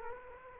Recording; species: mosquito wingbeat signal from an infrared sensor; Culex quinquefasciatus